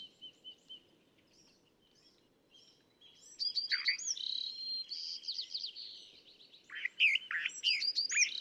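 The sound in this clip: California thrasher song: a few soft notes, a pause, then varied loud phrases of slurred whistles, buzzy rattles and harsh downward notes, over a low steady background rustle.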